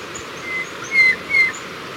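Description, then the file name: White-bellied Antpitta calls: three plain whistled notes, the last two louder and evenly spaced, against a hissing background with thin high chirps. "Grallaria hypoleuca - White-bellied Antpitta"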